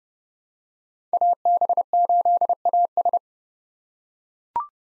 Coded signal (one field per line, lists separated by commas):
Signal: Morse code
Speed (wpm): 30 wpm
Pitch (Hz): 700 Hz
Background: none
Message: AB8AS